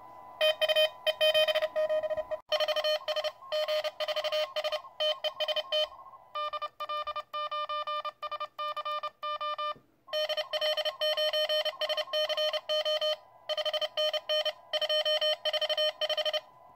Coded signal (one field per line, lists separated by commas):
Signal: Morse code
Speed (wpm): 32 wpm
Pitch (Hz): 610 Hz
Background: none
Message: TU E77E 4S G4S TEST DL9SCO DL9SCO 5NN 245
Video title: Playing with the QCX+ in the TRC DX Contest on 04.October 2020